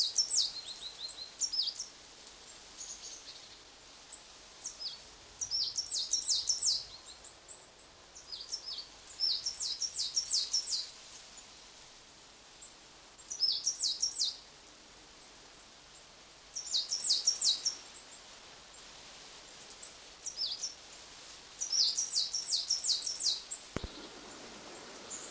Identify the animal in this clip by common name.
Great Tit